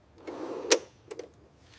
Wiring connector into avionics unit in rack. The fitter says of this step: Listen for the click.